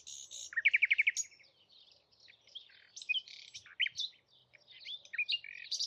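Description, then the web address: Bird song: a quick burst of rapid, buzzy, rising notes, then a varied run of high chirps and twittering phrases with brief pauses between them. "Bird Only"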